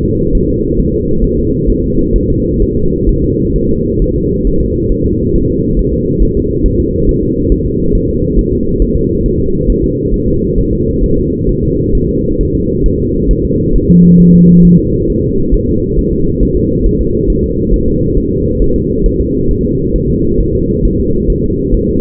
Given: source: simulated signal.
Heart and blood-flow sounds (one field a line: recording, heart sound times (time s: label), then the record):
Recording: fetal heart sounds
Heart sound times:
0.05 s: S2
0.35 s: S1
0.49 s: S2
0.80 s: S1
0.94 s: S2
1.24 s: S1
1.39 s: S2
1.70 s: S1
1.84 s: S2
2.16 s: S1
2.30 s: S2
2.62 s: S1
2.77 s: S2
3.09 s: S1
3.24 s: S2
3.56 s: S1
3.70 s: S2
4.02 s: S1
4.16 s: S2
4.47 s: S1
4.62 s: S2
4.92 s: S1
5.06 s: S2
5.36 s: S1
5.50 s: S2
5.79 s: S1
5.94 s: S2
6.22 s: S1
6.37 s: S2
6.66 s: S1
6.80 s: S2
7.09 s: S1
7.23 s: S2
7.52 s: S1
7.66 s: S2
7.95 s: S1
8.10 s: S2
8.39 s: S1
8.53 s: S2
8.82 s: S1
8.97 s: S2
9.26 s: S1
9.40 s: S2
9.70 s: S1
9.84 s: S2
10.14 s: S1
10.28 s: S2
10.58 s: S1
10.73 s: S2
11.03 s: S1
11.18 s: S2
11.49 s: S1
11.63 s: S2
11.95 s: S1
12.09 s: S2
12.41 s: S1
12.55 s: S2
12.86 s: S1
13.00 s: S2
13.31 s: S1
13.45 s: S2
13.76 s: S1
13.90 s: S2
14.20 s: S1
14.35 s: S2
14.65 s: S1
14.79 s: S2
15.10 s: S1
15.24 s: S2
15.54 s: S1
15.69 s: S2
15.99 s: S1
16.13 s: S2
16.43 s: S1
16.57 s: S2
16.86 s: S1
17.01 s: S2
17.30 s: S1
17.44 s: S2
17.74 s: S1
17.88 s: S2
18.18 s: S1
18.32 s: S2
18.62 s: S1
18.76 s: S2
19.06 s: S1
19.21 s: S2
19.51 s: S1
19.65 s: S2
19.96 s: S1
20.10 s: S2
20.41 s: S1
20.55 s: S2
20.85 s: S1
21.00 s: S2
21.30 s: S1
21.44 s: S2
21.74 s: S1
21.89 s: S2
From the record:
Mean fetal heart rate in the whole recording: 135 bpm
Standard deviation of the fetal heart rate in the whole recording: 3 bpm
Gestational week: 36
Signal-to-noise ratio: -15.3 dB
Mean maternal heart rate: 72 bpm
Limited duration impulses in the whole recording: present